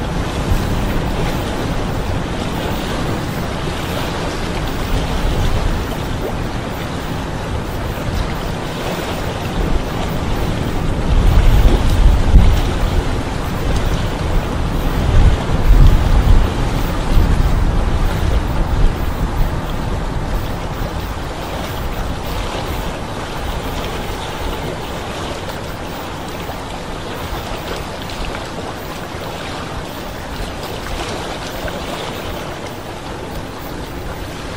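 Flowing water rushes steadily and densely throughout, with a fine hiss like rain over a deeper churning rumble. Around the middle, from roughly eleven to seventeen seconds, the low surging grows heavier and louder before settling back to an even flow.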